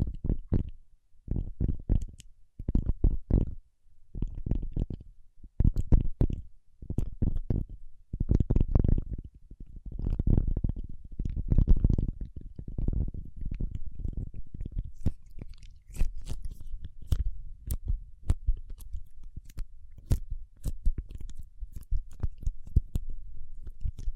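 Paraffin wax being tapped, scratched and peeled in a dense run of short, dull knocks and scrapes, mostly low and thick for the first fifteen seconds. After that the hits turn lighter and sharper, with crisp ticks and clicks scattered quickly through the rest.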